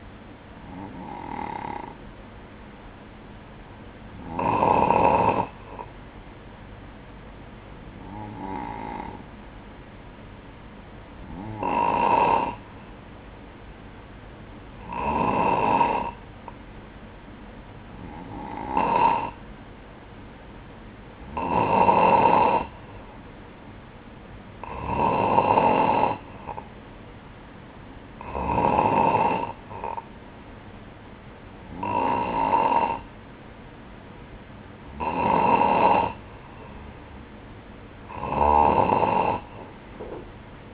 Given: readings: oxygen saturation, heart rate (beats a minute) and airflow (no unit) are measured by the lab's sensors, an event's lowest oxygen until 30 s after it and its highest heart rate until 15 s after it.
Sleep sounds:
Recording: breathing in sleep by a voice recorder at the bedside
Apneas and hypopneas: none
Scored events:
none scored
From the record:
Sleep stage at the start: N2 (light sleep)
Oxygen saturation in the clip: 94 to 96%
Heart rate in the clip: 58 to 65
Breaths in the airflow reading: 12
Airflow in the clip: -7.7 to 4.9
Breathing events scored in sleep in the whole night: 180 in 6.7 hours asleep

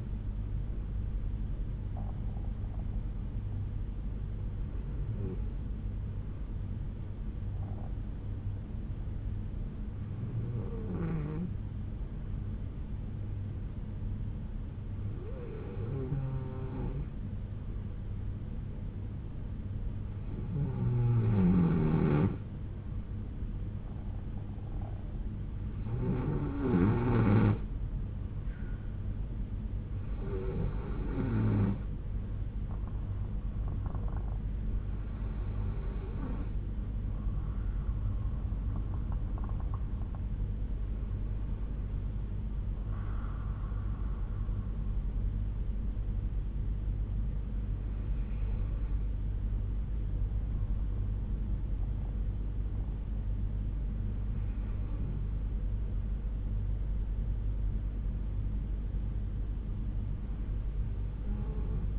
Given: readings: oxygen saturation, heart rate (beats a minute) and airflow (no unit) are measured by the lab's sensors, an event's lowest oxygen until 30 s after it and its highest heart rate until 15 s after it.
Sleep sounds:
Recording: breathing in sleep by a smartphone at the bedside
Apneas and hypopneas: 1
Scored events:
3.00-25.10 s: hypopnea (N2, oxygen 95% highest, then 92% lowest, heart rate 61 at the start, 67 highest)
47.00-61.99 s: new sleep stage, N3 (deep sleep)
From the record:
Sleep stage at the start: N2 (light sleep)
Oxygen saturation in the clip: 92 to 95%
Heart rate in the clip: 59 to 67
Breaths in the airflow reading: 10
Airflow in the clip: -5.0 to 4.8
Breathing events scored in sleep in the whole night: 368 in 8.0 hours asleep

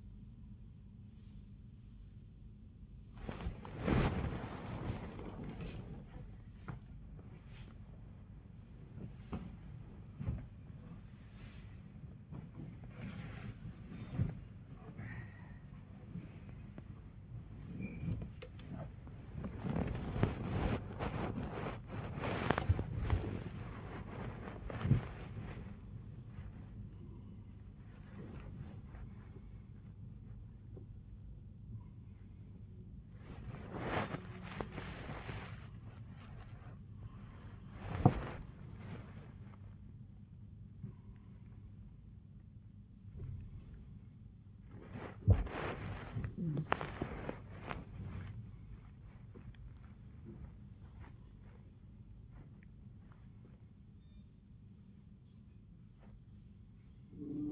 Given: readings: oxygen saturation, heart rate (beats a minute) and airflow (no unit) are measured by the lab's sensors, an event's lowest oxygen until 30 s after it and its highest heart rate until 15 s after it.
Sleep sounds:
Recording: a person awake in a sleep study, by a smartphone at the bedside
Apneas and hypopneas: none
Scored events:
0.00-57.52 s: awake
56.00-57.52 s: new sleep stage, N1 (lightest sleep)
From the record:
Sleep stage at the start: awake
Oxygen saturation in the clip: 95 to 98%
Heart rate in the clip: 58 to 120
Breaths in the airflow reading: 11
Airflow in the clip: -18.5 to 18.4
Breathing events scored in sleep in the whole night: 400 in 8.7 hours asleep

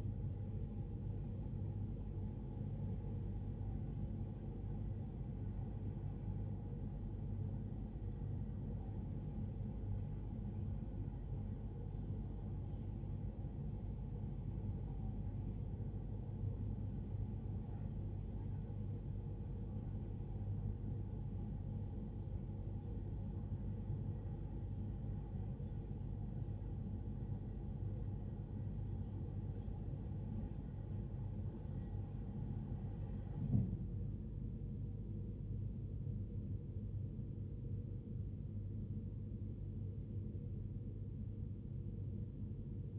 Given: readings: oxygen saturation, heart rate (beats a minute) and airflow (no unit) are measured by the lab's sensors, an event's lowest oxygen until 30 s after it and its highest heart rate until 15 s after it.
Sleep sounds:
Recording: a person awake in a sleep study, by a smartphone at the bedside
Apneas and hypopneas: none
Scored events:
0.00-42.98 s: awake
From the record:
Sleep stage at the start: awake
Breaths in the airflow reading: 16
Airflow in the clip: -0.7 to 0.6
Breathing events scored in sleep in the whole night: 389 in 6.3 hours asleep

